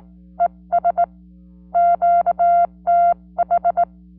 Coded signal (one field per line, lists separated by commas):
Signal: Morse code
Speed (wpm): 18 wpm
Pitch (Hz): 690 Hz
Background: music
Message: ES QTH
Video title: CW QSO Using GHD Straight key GT705A, 40m band with JN6ILN 수동전건 전신교신